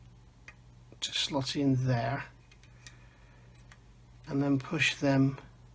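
Small plastic parts from a Meng 1/35 9K37M1 BUK scale-model kit are being handled and pushed toward their locating holes on the turret, where they lock in without glue. Someone talks, and faint light ticks are heard around 0.5, 2.5, 2.6, 2.9 and 3.7 seconds. Nothing has seated or clicked into place yet.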